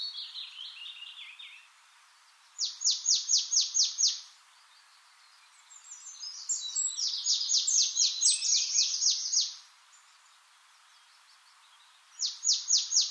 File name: Poecile palustris